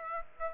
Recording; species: mosquito wingbeat signal from an infrared sensor; Aedes aegypti